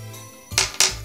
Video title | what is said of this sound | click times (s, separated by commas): Nowoczesny zamek WE.LOCK Touch EBL 61 Wszystko co musisz wiedzieć | und dann einrastet | 0.6 s, 0.8 s